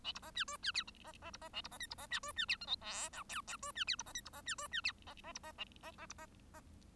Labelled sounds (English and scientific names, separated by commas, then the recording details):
Bengalese Finch (Lonchura striata domestica) song
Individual Bird1